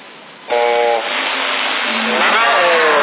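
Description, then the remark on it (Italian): A three-wheeled motor van's small engine kicks in abruptly with a loud, buzzing drone, holding steady before its pitch climbs as it revs up toward the end. “Sì, è nel motocarro il camion, no, la riconosciamo, lo stiamo comprando lì.”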